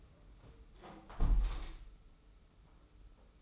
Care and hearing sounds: daily activity, microphone in the room; close window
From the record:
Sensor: 1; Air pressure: 991.3 hPa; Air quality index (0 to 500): 99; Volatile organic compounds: 56 ppm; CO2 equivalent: 3375 ppm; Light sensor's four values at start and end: 37/116/45/47 and 36/115/45/46

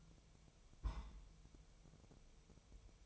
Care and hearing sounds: daily activity, microphone in the room; place on stove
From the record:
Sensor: 1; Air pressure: 999.4 hPa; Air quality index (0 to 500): 198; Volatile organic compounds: 40 ppm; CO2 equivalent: 3141 ppm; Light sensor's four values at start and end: 9/22/8/9 and 9/22/8/9

